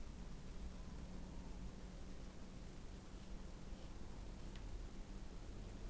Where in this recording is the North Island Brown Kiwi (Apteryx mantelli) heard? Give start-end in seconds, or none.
none